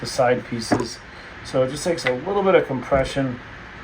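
Someone talks while handling the side pieces of a plastic steering wheel airbag top cover on a Model 3 or Model Y, compressing them so the double-latching side clips go into the airbag module. Speech and faint handling sounds are heard, with no distinct snap. Nothing has seated or clicked yet.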